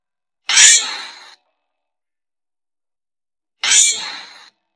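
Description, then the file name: Giant flying squirrel: two coarse, wheezy screeches from a giant flying squirrel, roughly three seconds apart, each loud at the start and trailing off, nothing else audible. Calling to gather its group. "tieng soc bay trau soc bay lon keu goi bay dan"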